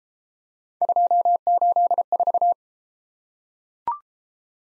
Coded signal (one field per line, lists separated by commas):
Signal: Morse code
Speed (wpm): 31 wpm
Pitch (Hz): 700 Hz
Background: none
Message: 284